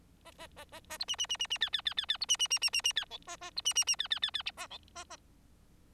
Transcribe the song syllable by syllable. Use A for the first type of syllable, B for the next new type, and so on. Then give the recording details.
A A A A A B C C C C C D D D D D B C C C C C C D E A A B C C C D D D D A E A A. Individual Bird4